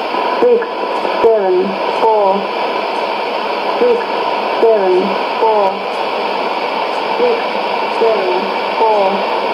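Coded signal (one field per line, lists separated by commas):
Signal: numbers station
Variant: E17z English Lady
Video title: 01 06 2017 Numbers station E17z English Lady in English to Eu 0800 on 16780 in CUSB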